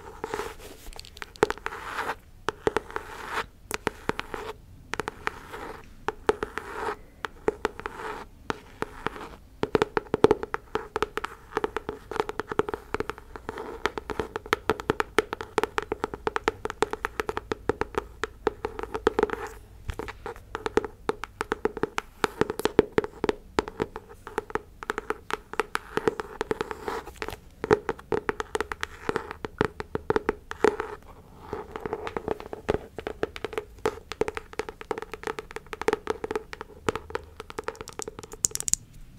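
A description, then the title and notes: Crisp tapping and scratching by hand runs without pause for the whole stretch, quick and irregular, with sharp clicks tumbling over one another and a few louder taps. A steady low tone sits underneath. ASMR Tingly Tapping, Tracing & Scratching.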